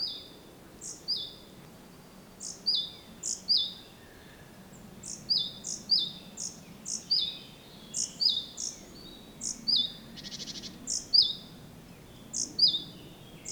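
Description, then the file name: Great tit giving a series of two-part calls, thin high note then falling whistle, roughly forty per minute with a brief buzzy burst. "Parus major"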